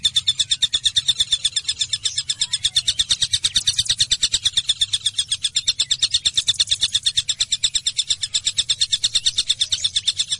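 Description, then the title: Java sparrow song: fast, even series of high chirps pulsing continuously for the whole stretch over a soft low background hum. "kicau gelatik"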